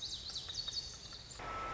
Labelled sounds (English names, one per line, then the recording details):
Lazuli Bunting
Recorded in Sonoma County, California